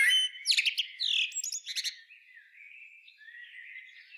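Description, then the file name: Common blackbird song: a burst of loud, high squeaky twittering notes at the start, then softer, drawn-out warbled whistles fading away. "Turdus merula"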